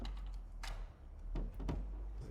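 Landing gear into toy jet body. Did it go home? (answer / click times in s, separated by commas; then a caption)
no / none. Plastic landing gear is pressed harder into the body of a toy jet, producing a few short plastic knocks and taps at about 0.1, 0.6, 1.4 and 1.7 seconds. The gear does not click or latch; it stays weak and keeps falling down, so nothing has seated.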